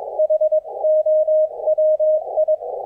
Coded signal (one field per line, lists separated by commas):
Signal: Morse code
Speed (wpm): 23 wpm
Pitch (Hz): 620 Hz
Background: none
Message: HOW I